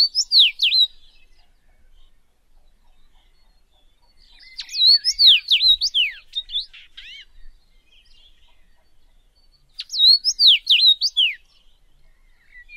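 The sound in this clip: Common rosefinch singing short, clear whistled phrases of swooping up-and-down notes, three bursts about five seconds apart, with quiet pauses between.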